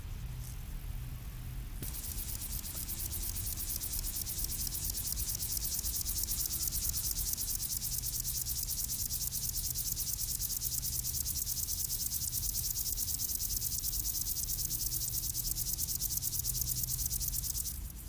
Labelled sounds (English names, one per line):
Upland Field Grasshopper stridulation